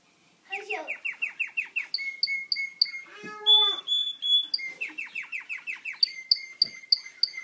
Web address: Bird Songs Canary Canary-Guitar